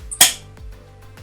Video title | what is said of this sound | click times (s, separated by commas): Solar FF Setup + Overview | click into place, okay? It should make a noise like this. | 0.2 s